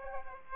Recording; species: mosquito wingbeat signal from an infrared sensor; Aedes aegypti